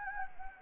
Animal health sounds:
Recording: mosquito wingbeat signal from an infrared sensor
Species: Anopheles gambiae

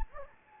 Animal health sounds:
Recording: mosquito wingbeat signal from an infrared sensor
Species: Anopheles gambiae

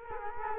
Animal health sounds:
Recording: mosquito wingbeat signal from an infrared sensor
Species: Culex quinquefasciatus

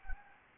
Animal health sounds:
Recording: mosquito wingbeat signal from an infrared sensor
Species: Anopheles gambiae

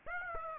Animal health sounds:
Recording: mosquito wingbeat signal from an infrared sensor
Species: Aedes aegypti

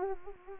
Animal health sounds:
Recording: mosquito wingbeat signal from an infrared sensor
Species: Anopheles arabiensis

